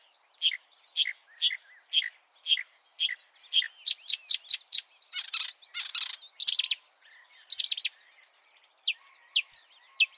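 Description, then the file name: Marsh warbler song: rapid, high chattering notes repeated in short bursts, then a buzzy harsh passage and sharp notes toward the end. "suara-kicauan-burung-marsh-warbler -omkicau"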